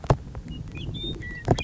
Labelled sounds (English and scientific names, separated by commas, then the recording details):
Western Meadowlark (Sturnella neglecta)
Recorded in Sonoma County, California